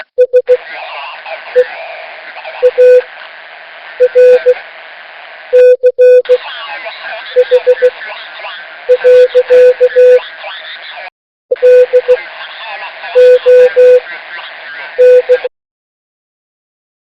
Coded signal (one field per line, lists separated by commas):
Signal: Morse code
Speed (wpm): 16 wpm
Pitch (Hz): 500 Hz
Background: speech, radio noise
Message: SEARCH. DON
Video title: does anyone know what this morse code means?